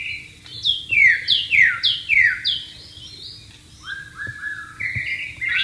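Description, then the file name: White-rumped shama song, several rich downslurred whistles, followed by quieter rising and level whistled notes. Wild bird, recorded in the wild. "suara burung murai batu di alam liar"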